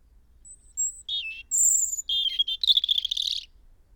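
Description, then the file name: European robin song made of separate segments: two high thin whistles, a warbled note, a sharp piercing squeal, a few further notes, then a fast silvery trill lasting about a second. "Erithacus rubecula"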